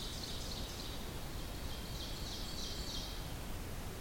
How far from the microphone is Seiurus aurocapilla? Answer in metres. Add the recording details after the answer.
about 50 m. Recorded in boreal forest in Alberta, Canada, on 8 June 2016 at 06:18. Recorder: SongMeter 3, array SBT-3-9. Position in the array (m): 89 m, 89 m. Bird 34